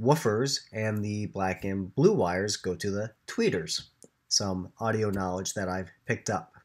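A part from a Parts Express MKBOOM Bluetooth speaker kit, most likely a driver, is handled for pressing into its tight-fitting opening in the wooden speaker cabinet, where the parts fit very snugly and snap right into place. Someone talks throughout, and no distinct click is heard. Nothing has seated or clicked yet by the end of the clip.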